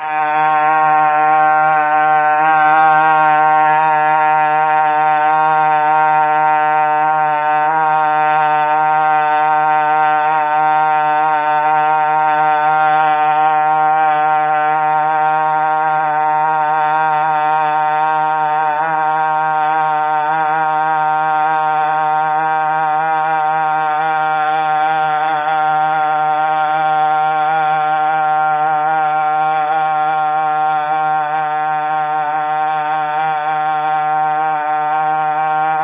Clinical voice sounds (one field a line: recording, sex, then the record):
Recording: sustained vowel /a/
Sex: male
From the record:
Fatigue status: no fatigue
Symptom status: asymptomatic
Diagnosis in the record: COVID-19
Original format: 3gp